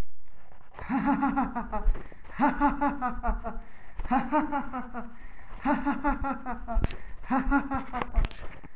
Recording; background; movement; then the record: laughter; a bystander coughing; walking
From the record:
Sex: male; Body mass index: 20.6 kg/m2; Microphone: on the chest, facing the body